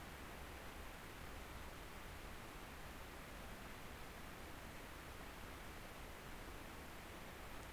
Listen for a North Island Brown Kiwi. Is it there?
no